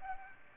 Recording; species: mosquito wingbeat signal from an infrared sensor; Aedes aegypti